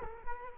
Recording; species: mosquito wingbeat signal from an infrared sensor; Culex quinquefasciatus